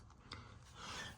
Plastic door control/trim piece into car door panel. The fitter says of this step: And then I inserted the bottom of this thing. Snap right in. So this is done.